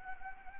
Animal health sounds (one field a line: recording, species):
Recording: mosquito wingbeat signal from an infrared sensor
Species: Anopheles gambiae